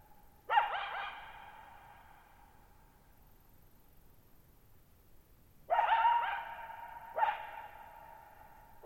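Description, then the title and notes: Coyote gives a single wavering bark, pauses about five seconds, then three more quavering yips in quicker succession, each trailing long reverberation in a quiet setting. Lone coyote at night, July 14, 2019, Thirtymile Meadows, Okanogan National Forest, Okanogan High Country, 6400 ft (1950 m); tall sharp mountains on a high, mostly dry plateau; shallow bowl-shaped meadow. "Lone Coyote at Thirtymile Meadows. I spent the night of July 14, 2019, camped near Thirtymile Meadows in the Okanogan National Forest at 6400 ft (1950 m)"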